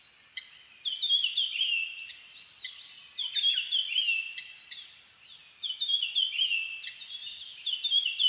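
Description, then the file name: Japanese grosbeak calling: a steady run of fluty whistles and slurred chirps overlapping one another, rising and falling in loudness every couple of seconds. 5 May 2011 at 04:56. "ikaru-20110505-0456"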